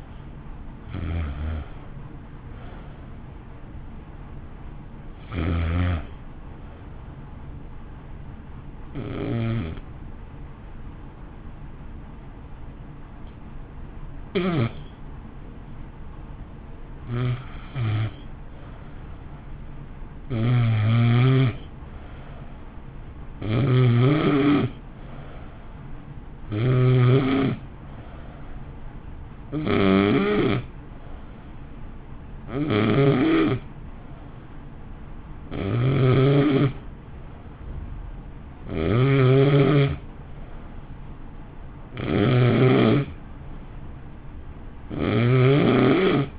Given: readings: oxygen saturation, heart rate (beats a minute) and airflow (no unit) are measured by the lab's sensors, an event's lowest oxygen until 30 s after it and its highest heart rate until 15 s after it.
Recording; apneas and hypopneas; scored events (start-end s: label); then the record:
breathing in sleep by a smartphone at the bedside; 1
5.00-30.20 s: hypopnea (N2, oxygen 94% highest, then 88% lowest, heart rate 54 at the start, 58 highest)
From the record:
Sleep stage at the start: N2 (light sleep); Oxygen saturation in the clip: 87 to 94%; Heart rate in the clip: 53 to 58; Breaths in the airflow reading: 17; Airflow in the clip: -0.8 to 0.8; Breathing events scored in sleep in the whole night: 328 in 6.3 hours asleep